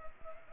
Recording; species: mosquito wingbeat signal from an infrared sensor; Culex pipiens